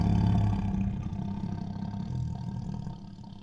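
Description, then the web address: Tiger producing one long, continuous deep growl with a throbbing, rattling texture that gradually softens over a few seconds. Protective growls. "Sound Ideas Tigers Sound Effects"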